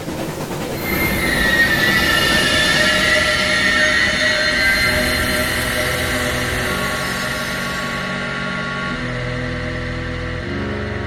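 A train pulls in with loud, sustained high-pitched wheel squealing over a broad rumbling roar. After several seconds the screech fades and a low, steady hum remains as it slows.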